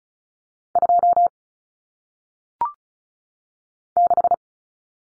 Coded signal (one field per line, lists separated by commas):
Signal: Morse code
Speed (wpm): 36 wpm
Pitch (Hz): 700 Hz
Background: none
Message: 2 6